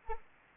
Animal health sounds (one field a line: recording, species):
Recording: mosquito wingbeat signal from an infrared sensor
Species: Anopheles arabiensis